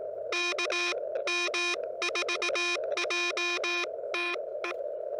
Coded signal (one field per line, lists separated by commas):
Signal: Morse code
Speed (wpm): 18 wpm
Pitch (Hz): 350 Hz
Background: music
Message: KM4JTE